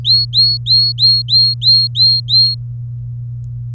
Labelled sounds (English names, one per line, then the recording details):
Domestic Canary song
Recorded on 24 April 2018 at 08:22
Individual llb3